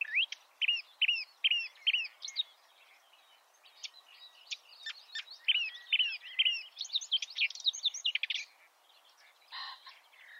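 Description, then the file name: Marsh warbler song starting with repeated sweeping chirps, then a jumble of rapid notes and chatter, ending with a harsh burst. "suara kicauan burung marsh warbler. omkicau"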